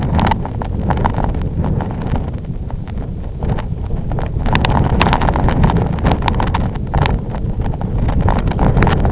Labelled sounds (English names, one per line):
none